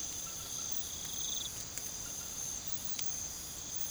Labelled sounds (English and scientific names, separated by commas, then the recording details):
none
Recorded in pastures near Puerto Asís, Putumayo, Colombia, on 8 March 2025 at 04:00
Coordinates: 0.486, -76.323
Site G075